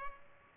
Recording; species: mosquito wingbeat signal from an infrared sensor; Culex pipiens